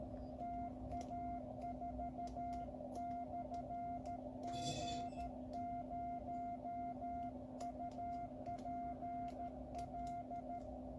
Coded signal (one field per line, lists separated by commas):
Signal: Morse code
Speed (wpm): 13 wpm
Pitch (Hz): 700 Hz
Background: none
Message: TA4/G0UPL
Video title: QCX+ the new QRP Labs 5W transceiver kit